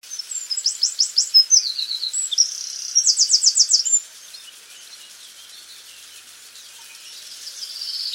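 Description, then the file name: Eurasian wren song: rapid high trills and buzzy rattles tumbling for about four seconds, then quiet hiss. "Troglodytes troglodytes"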